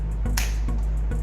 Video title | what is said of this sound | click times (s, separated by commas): CommScope FAT Closure Installation | the lower side click | 0.4 s